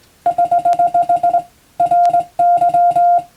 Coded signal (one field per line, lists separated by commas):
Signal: Morse code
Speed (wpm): 21 wpm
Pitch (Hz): 700 Hz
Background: none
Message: <HH> RY